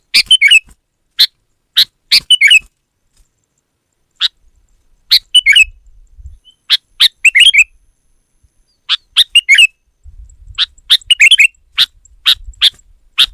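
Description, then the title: Sooty-headed bulbul delivering a run of short, bright notes and quick chattering phrases at irregular intervals, with occasional low background noise. "kutilang"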